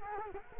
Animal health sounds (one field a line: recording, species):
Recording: mosquito wingbeat signal from an infrared sensor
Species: Culex quinquefasciatus